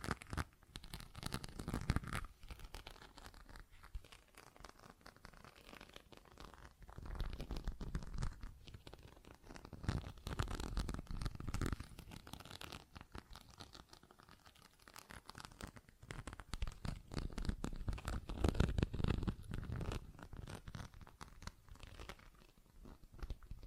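Tapping and scratching sounds come in dense, irregular bursts of crackly, papery texture across the full range, with a low thudding underneath. Busier stretches near 2, 7–12, and 16–20 seconds alternate with quieter, sparse gaps of soft rustling.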